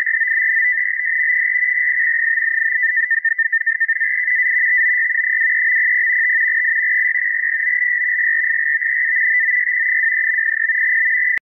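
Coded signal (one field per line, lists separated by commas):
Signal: NAVTEX (SITOR-B)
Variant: 100 baud SITOR-B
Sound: continuous rapid warbling two-tone chirping near 2 kHz, steady and fast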